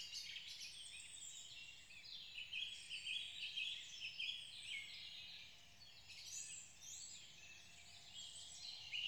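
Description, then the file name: Birds singing in a dense chorus, many overlapping high twittering and warbling phrases weaving together continuously, over a soft low background hum. Morning awakening chorus in Schönbuch. "awakening morning birds singing schoenbuch"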